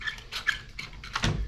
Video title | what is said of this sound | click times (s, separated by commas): Truxedo Roll up Cover install F250 | one on each side you can hear it click into place | 0.5 s, 0.8 s